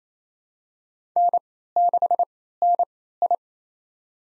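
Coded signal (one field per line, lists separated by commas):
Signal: Morse code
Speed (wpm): 28 wpm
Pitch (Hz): 700 Hz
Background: none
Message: N6NI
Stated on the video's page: Head-copy drill of 4-character USA call signs at 28 wpm with Farnsworth 3x character spacing, each sent, spoken, then sent again.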